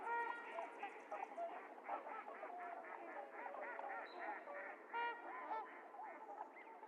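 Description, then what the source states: Trumpeter swans calling as a flock, with steady bugling honks repeated rapidly and overlapping in a busy, unbroken chorus. Several swans recorded on 28 January 2022; the recording is low-cut filtered.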